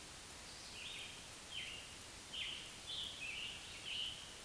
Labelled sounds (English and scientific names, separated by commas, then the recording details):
Scarlet Tanager (Piranga olivacea) song
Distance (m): 45 m
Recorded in a Pennsylvania forest on 1 June 2023 at 08:08
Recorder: AudioMoth, point grid3_31_low
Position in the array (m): 165 m, 141 m